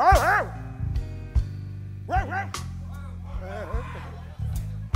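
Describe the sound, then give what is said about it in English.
During a live song performance, a voice imitates a dog barking, giving two short bursts of yappy, rising-and-falling barks over a steady low musical drone, with softer vocal warbling in between. “Fellas, fellas, fellas, the dog begins to bark.”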